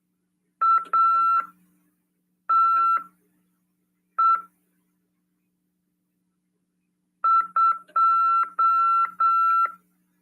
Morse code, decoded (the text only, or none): ATE 2